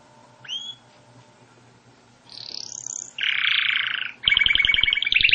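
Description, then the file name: Canary singing: a lone upward whistle, then a high sweeping phrase, a dense buzzy roll, and a rapid pulsed trill. "Canary Voice"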